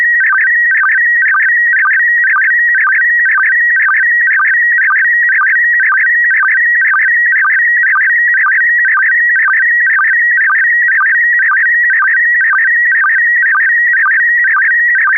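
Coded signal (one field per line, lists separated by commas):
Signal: SSTV (slow-scan television)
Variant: PD120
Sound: steady warbling tone with a short low sync blip about twice a second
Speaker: yep yep absolutely it's going to be PD 120 PD 120.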